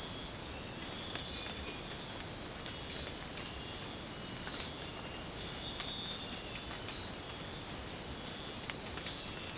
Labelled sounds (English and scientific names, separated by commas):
none